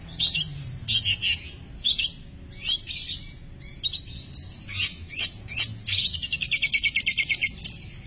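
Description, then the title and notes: Long-tailed shrike song with harsh scratchy phrases separated by short gaps, closing in a rapid, evenly pulsed chattering trill. Champion (juara) long-tailed shrike, song. "Kicau Burung Cendet Juara. Audio Kicauan Burung Cendet Juara Terlengkap"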